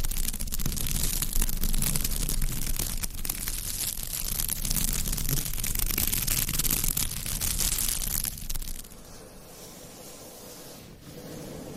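Dense, rapid scratching and rubbing with bright crackles and a low rumble runs for about nine seconds, then drops to quieter, sparser sounds.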